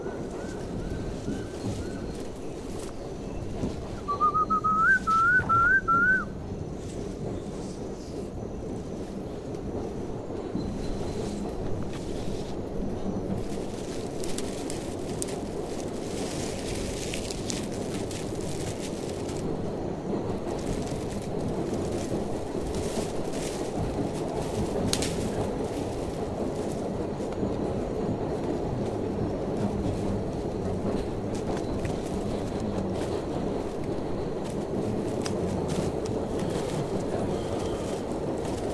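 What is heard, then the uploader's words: A steady, dense hum of rainforest sound fills the whole recording, mostly low and mid-pitched with a constant buzzing texture. Around four to six seconds, a bird gives a quick series of rising whistled notes, louder than everything else. Faint clicks and ticks scatter throughout. Hike in Tambopata Reserve rainforest, Peru.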